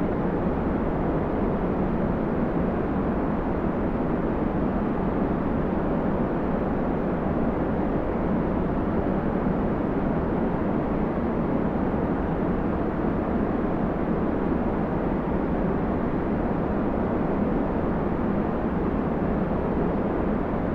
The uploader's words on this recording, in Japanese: スターライト ホワイトノイズ | セレスチャル ディープスリープ。